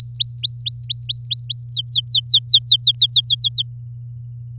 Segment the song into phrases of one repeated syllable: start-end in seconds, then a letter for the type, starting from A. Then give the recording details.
0.00-1.64 A, 1.69-3.21 B, 3.24-3.62 C. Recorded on 8 May 2018 at 05:45. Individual llb16